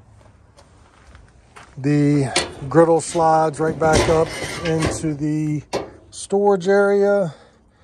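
A griddle from the outdoor kitchen of a 2024 Grand Design Imagine 2800BH travel trailer is slid back up into its storage compartment on the trailer's side, with faint handling sounds early on before someone talks over most of the clip. The griddle has not seated or latched yet when the clip ends.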